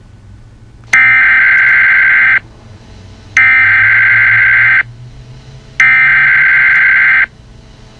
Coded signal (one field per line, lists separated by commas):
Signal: Emergency Alert System (SAME) tones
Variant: header bursts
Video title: EAS Scenario TikTok